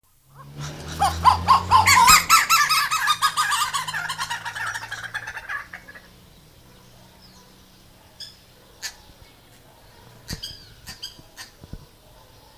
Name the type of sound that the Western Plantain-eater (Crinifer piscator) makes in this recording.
duetting